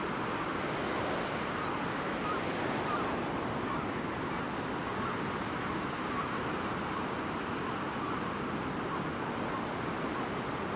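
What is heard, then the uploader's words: Pacific surf at Cape Disappointment on the Washington coast roars without pause, a thick, steady wash weighted toward low and middle tones. Loudness holds even for the whole stretch, with no single wave standing out, and a thinner hiss rides on top. Recorded August 25th, 2022 at Cape Disappointment on the Pacific Coast in Washington. The raw field recording without an original musical score.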